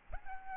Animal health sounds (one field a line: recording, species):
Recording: mosquito wingbeat signal from an infrared sensor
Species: Aedes albopictus